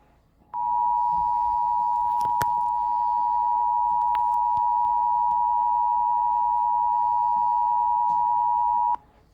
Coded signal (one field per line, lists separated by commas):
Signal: Emergency Alert System (SAME) tones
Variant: 853 and 960 Hz attention tone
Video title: eas svr Eas#320